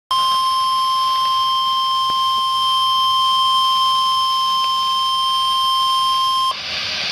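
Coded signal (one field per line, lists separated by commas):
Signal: Emergency Alert System (SAME) tones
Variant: 1050 Hz attention tone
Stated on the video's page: Tornado warning SAME tones received from NOAA Weather Radio station in Baltimore on 162.400 MHz.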